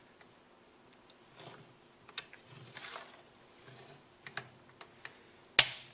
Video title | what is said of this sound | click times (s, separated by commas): Boost Surfing Kickstarter motorized fin UNBOXING (First half, until remote battery was dead) | there i got i heard a little snap there and it's in place feels pretty good i don't don't think it'll come out easily | 5.6 s